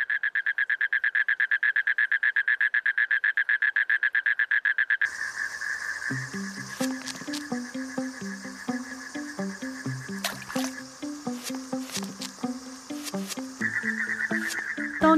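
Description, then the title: Asian common toad giving a clean, rapid pulsed trill for about five seconds, then other low tones and clicks take over before the trill returns near the end. Seen in city storm drains and mountain streams; breeding largely not tied to season. "有個黑眶的蟾蜍"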